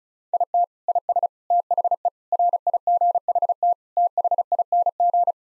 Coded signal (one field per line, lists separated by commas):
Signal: Morse code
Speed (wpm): 34 wpm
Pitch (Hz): 700 Hz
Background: none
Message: IT IS THE RIGHT THING